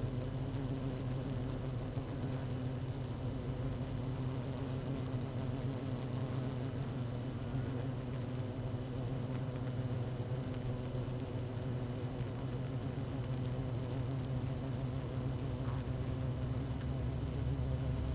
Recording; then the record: honeybee colony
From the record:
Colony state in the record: active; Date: 12 June 2018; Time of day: 17:02